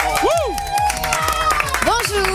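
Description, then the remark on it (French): Loud studio applause for a contestant on a morning radio game show: a dense, steady wash of clapping hands, joined by a couple of rising and falling whoops from the audience. “Applaudissements pour Florian.”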